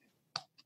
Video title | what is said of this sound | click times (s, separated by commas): How Husband & Wife Team Built Thriving Lifestyle Business | Hear that click? Oh yeah. That's hear that, awesome. Hear that little click? | 0.4 s